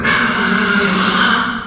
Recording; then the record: squeal of a Yucatan mini pig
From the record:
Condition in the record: after surgery on the right vocal fold (resection and tissue-engineered implant); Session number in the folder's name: 15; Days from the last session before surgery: 175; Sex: female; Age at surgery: 19 weeks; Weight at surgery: 25 kg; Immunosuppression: prednisolone